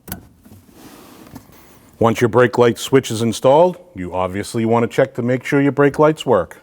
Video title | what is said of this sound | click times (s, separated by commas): How to replace Brake Light Switch 2012-2021 Nissan NV2500 | install your plug. Listen for the click. | 0.1 s